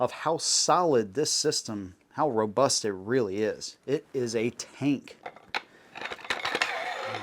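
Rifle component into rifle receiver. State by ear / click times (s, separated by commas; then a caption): seated / 6.6 s. Someone talks, then a metal rifle component is slid back down into its seat in the rifle receiver with a series of short metallic clicks and scrapes. It locks into place with a sharp click at 6.6 s.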